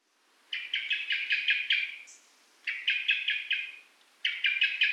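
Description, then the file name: Common blackbird chatter: three rattling runs of rapid, hard notes, with a single thin high note after the first run. "Turdus merula"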